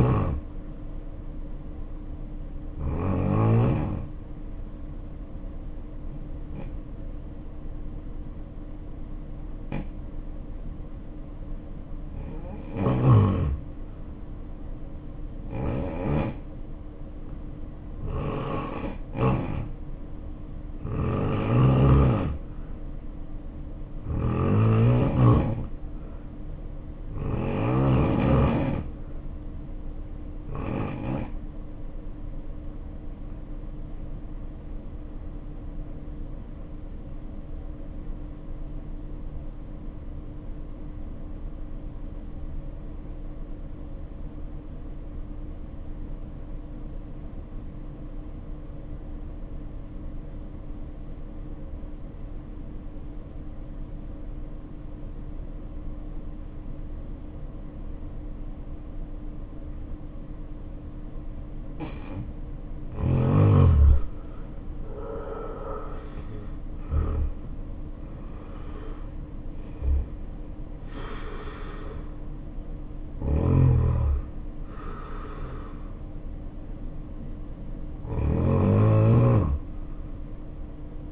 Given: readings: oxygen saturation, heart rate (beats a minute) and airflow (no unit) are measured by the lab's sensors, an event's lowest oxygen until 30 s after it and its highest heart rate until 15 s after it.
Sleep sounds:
breathing in sleep by a smartphone at the bedside; 2
5.00-23.00 s: hypopnea (N1, oxygen 93% highest, then 84% lowest, heart rate 59 at the start, 67 highest)
42.00-62.20 s: obstructive apnea (N1, oxygen 89% highest, then 69% lowest, heart rate 55 at the start, 79 highest)
58.00-81.12 s: new sleep stage, awake
59.00-81.12 s: awake
From the record:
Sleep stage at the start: N1 (lightest sleep); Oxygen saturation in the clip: 72 to 93%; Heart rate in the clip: 53 to 79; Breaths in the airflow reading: 13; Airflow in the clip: -6.9 to 7.3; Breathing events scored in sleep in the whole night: 520 in 7.2 hours asleep

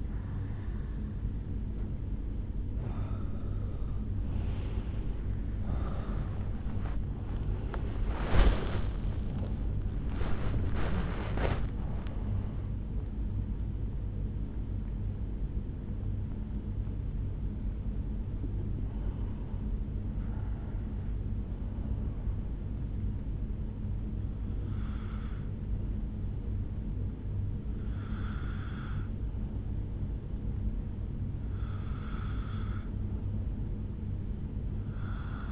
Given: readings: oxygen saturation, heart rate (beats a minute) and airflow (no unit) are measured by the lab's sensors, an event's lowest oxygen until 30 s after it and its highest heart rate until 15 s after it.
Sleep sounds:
a person awake in a sleep study, by a smartphone at the bedside; none
0.00-30.00 s: awake
30.00-35.52 s: new sleep stage, N1 (lightest sleep)
From the record:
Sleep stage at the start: awake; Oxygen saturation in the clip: 86 to 97%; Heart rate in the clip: 66 to 82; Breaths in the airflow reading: 9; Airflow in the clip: -11.2 to 14.5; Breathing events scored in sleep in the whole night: 449 in 7.0 hours asleep

